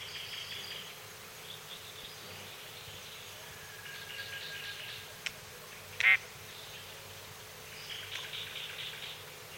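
Crested drongo giving one short, harsh rasping note near the six-second mark over a steady background chorus of faint, repeated high chirping notes.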